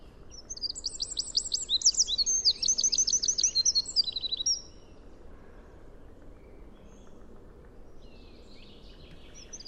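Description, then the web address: Bird calls, quick high chirping trills in overlapping bursts for the first half, then mostly quiet background noise with a faint call near the end. "cianscape birddata Deverinetal 2025"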